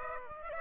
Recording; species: mosquito wingbeat signal from an infrared sensor; Aedes aegypti